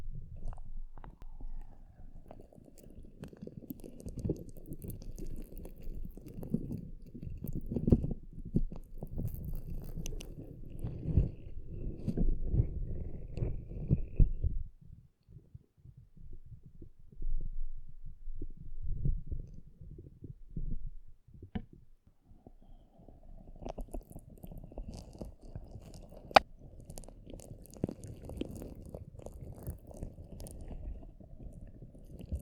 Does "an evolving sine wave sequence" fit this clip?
no